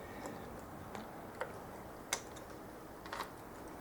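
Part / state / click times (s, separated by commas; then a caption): circlip into the groove on the end of a motorcycle engine shaft / not seated / none. A steel circlip is handled at the end of the clutch/gearchange shaft on a ZS155 pit-bike motorcycle engine during a clutch and gearchange arm rebuild. Faint metallic ticks are heard over a low steady background, with the sharpest at about 2.1 s and smaller ones near 1.4 s and 3.2 s. The circlip has not yet clicked into its groove.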